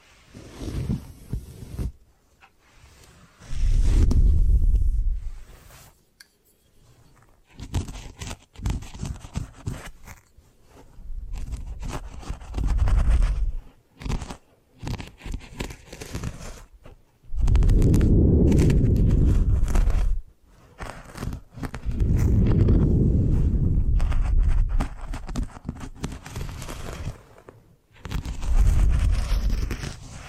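Hair being washed, brushed and massaged, heard as soft rubbing and scratchy strokes that come in bursts with short pauses between them. Longer, heavier scrubbing passes with a deep rumbling body fill the stretches from about 17 to 20 seconds and 22 to 27 seconds.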